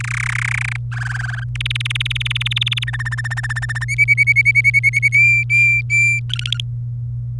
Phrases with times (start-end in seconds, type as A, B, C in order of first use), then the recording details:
0.00-0.77 A, 0.92-1.44 B, 1.55-2.84 C, 2.87-3.85 D, 3.88-5.08 E, 5.12-6.20 F, 6.29-6.61 G. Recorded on 26 April 2018 at 18:20. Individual llb3